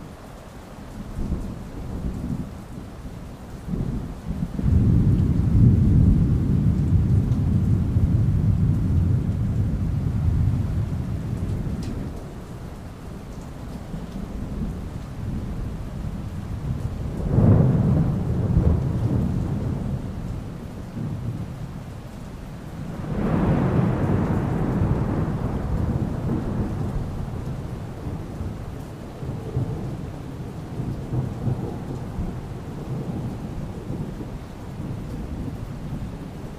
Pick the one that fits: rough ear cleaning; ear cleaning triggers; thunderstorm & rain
thunderstorm & rain